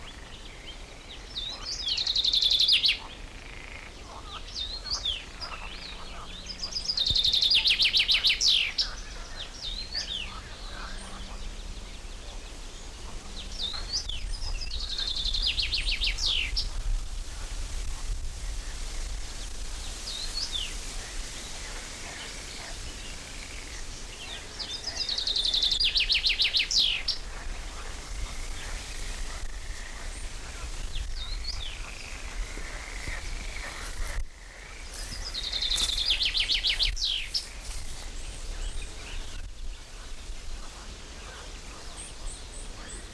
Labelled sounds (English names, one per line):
Common Chaffinch